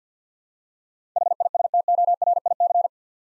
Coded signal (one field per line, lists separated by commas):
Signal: Morse code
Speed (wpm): 50 wpm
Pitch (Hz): 700 Hz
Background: none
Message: HISTORIC